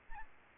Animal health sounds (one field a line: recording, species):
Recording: mosquito wingbeat signal from an infrared sensor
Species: Aedes albopictus